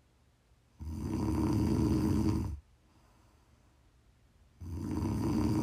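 An adult woman snoring in her sleep: two loud, low-pitched, rattling snores, each lasting about two seconds, separated by a quiet pause of about two seconds, in a steady sleep rhythm of roughly 15 breaths a minute.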